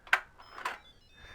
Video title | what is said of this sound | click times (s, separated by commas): Slowing Down the Instant Pot --- Stew! | here that little click that's the relief valve resetting to the pressure position | 0.1 s